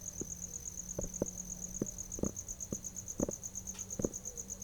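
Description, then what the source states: Cricket chirping in a steady, fast, high pulsing trill that never stops, with scattered soft knocks and clicks below and a faint low hum. Recorded at night.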